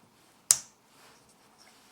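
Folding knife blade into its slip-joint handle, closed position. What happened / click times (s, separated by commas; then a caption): The folding blade snapped shut / 0.5 s. A Cuchilleria Joker 7 cm folding pocket knife's carbon steel blade is pushed closed into its wooden handle, the stiff slip joint needing some force. The spring snaps the blade shut with a single loud, sharp click at 0.5 s that fades quickly into quiet background. The blade is seated in the closed position.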